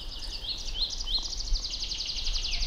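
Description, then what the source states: Tree pipit song, a quick series of bright rising notes, then a fast trill that drops in pitch at the end, over steady low background rumble. Sings perched in the crown of a downy birch in a pine grove after a display flight.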